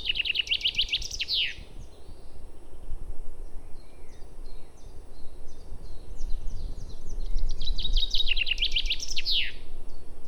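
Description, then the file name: Common chaffinch song given twice, several seconds apart, each a descending trill closing with a flourish; quiet chirps of other birds between songs over low rumble. "Fringilla coelebs"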